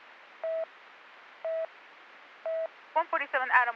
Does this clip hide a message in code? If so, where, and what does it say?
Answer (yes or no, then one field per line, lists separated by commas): no